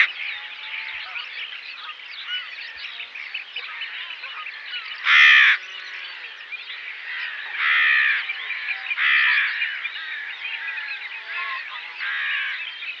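Rook calls, a few loud harsh caws standing out from a continuous noisy babble of a busy rookery.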